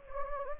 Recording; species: mosquito wingbeat signal from an infrared sensor; Anopheles gambiae